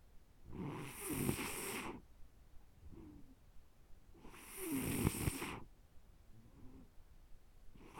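Snoring from an adult sleeper: two loud, harsh, broadband snores about four seconds apart, each lasting over a second, with softer breath sounds between them.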